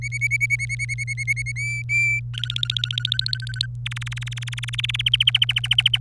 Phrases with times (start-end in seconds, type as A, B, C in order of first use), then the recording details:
0.02-1.52 A, 1.56-2.20 B, 2.34-3.66 C, 3.86-5.01 D, 5.06-5.98 E. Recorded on 26 April 2018 at 18:22. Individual llb3